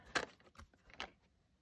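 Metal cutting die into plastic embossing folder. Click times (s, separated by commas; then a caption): 1.0 s. A thin metal cutting die is lined up with a plastic hybrid embossing folder and pressed until it locks into place. A few soft clicks and rustles lead up to a sharp click at 1.0 s as the die seats in the folder.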